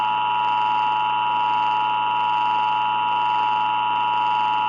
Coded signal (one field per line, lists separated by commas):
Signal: Emergency Alert System (SAME) tones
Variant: 853 and 960 Hz attention tone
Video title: unfinished eas scenario: Artificial Terror